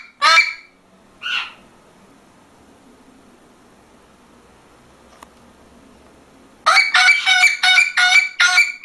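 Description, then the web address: Parrot gives two harsh squawks, then a long quiet pause with faint background hiss, before a rapid burst of grating calls resumes near the end. "попугай"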